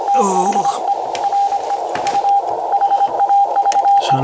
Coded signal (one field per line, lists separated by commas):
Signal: Morse code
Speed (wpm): 27 wpm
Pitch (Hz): 800 Hz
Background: speech, radio noise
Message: THERE U HAVE